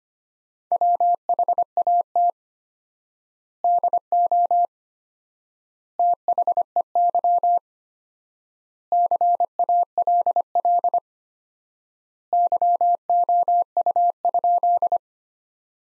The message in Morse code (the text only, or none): WHAT DO THEY CALL YOU?